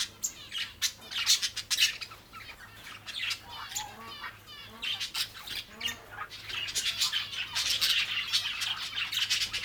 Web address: best service Blue Box birds birds exotic